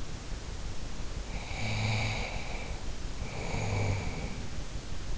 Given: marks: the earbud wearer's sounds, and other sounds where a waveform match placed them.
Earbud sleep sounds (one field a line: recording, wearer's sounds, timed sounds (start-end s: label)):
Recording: sounds in sleep by an in-ear microphone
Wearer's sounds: snoring breath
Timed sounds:
1.28-4.60 s: snoring breath